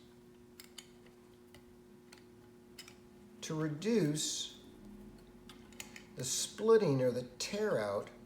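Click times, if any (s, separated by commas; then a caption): none. A small plastic anti-splitter insert, meant to reduce splitting and tear-out of wood fibers, is handled as it is fitted into a woodworking cutting tool. Faint, sharp ticks of handling come through a steady low hum while someone talks. The clip ends before the insert goes home, so nothing has seated or clicked yet.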